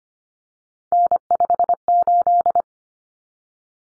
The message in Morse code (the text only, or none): N58